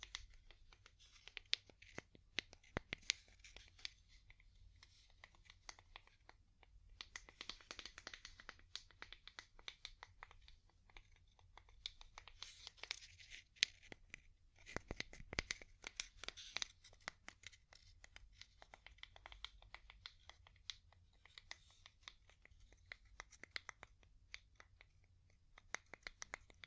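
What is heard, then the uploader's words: Quick, irregular, dry wooden taps and light scratchy rustles, with a low steady hum underneath throughout. ASMR Calming Wood Tapping (No Talking).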